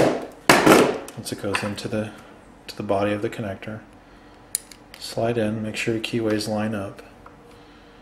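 A crimped metal terminal is being slid into the back of a plastic Delphi HO2S oxygen-sensor connector body (part number 79) for an LS engine, with the keyways lined up, while someone talks. Brief handling taps and ticks occur between the speech, but nothing has seated or clicked yet.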